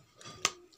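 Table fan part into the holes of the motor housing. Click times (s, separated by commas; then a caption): 0.4 s. A part of an Usha table fan is hooked into the four holes around the motor housing and pushed until it locks in place. A sharp, loud click is heard at 0.5 s, with fainter ticks before and after it. The part is seated and locked.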